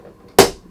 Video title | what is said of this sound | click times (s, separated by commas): Samsung SlimFit 2025 Wall Mount Install, custom fit on Samsung S90F OLED | click in like so. | 0.4 s